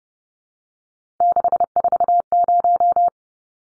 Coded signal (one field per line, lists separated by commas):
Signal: Morse code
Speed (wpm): 30 wpm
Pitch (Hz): 700 Hz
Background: none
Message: 640